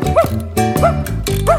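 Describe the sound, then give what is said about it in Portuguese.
A puppy barks three times in high, yappy bursts, evenly spaced across the moment, over a steady musical backing. “O cachorrinho.”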